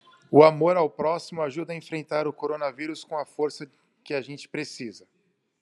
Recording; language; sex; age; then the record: spoken sentence; Brazilian Portuguese; male; 40 to 49 years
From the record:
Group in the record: control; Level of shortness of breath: 0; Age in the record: 40 years